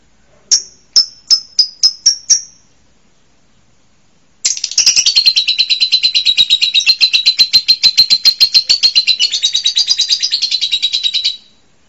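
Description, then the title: Bird song: a short series of high chips, a pause, then a long, fast, rattling trill that holds steady and high for about seven seconds. Labelled as masteran material. "LuckyBurung MasteranBest"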